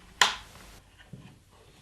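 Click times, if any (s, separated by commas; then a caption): 0.2 s. The spindle lock button on a Bosch GKT 55 GCE Professional plunge saw is pressed after the saw has been pivoted down into its locked position, so the blade can be removed. A single sharp click sounds at 0.2 s and fades quickly, with a faint low knock near 1.1 s. The spindle lock engages.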